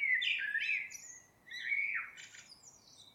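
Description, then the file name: Common blackbird singing a mellow, wavering whistled phrase that rises into thin, squeaky high notes, then a second fluted phrase ending in a twitter. "Turdus merula"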